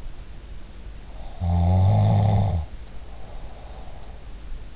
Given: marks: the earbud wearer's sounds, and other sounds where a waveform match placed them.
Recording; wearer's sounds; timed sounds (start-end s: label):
sounds in sleep by an in-ear microphone; snoring breath
1.18-4.23 s: snoring breath